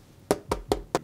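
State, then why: Seated. An iPad Air 5 is pressed corner by corner into the hard plastic shell of an rtec folio-style keyboard case, which also fits the iPad Air 4 and iPad Pro 11-inch. Four sharp, knock-like plastic snaps land at 0.3, 0.5, 0.7 and 1.0 seconds, each a short bright crack over quiet background. The tablet is harder to snap into place but ends up seated in a snug fit.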